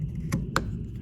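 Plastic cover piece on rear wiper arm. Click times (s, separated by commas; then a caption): 0.6 s. A plastic cover piece on the rear wiper arm of a Mazda CX-5 is pushed back on by hand, and its inner latch goes into the small hole. After a softer tap at 0.3 s, it snaps in with a sharp click at 0.6 s, and the cover is seated.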